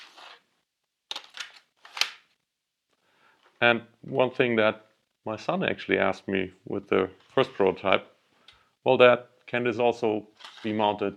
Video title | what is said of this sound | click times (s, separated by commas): It’s 1984 ... welcome to the Apple PowerPhoneXIIc (based on iPhone 12 mini) | I couldn't foresee that it would click in place like this nicely | 1.1 s